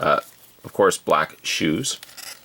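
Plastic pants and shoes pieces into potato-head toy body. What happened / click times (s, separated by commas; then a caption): The plastic pieces are being handled but have not snapped in yet / none. Plastic pants and shoe pieces are being handled to press onto a plastic potato-head toy body while someone talks. Nothing has seated or clicked into place yet.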